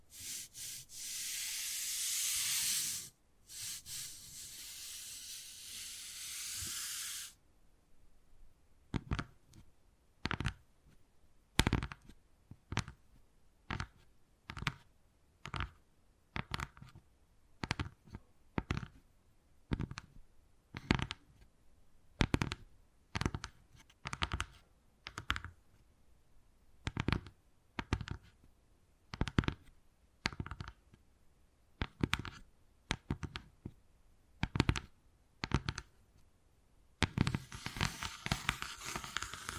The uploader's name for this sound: Wood Carving, Tapping and Scratching Sounds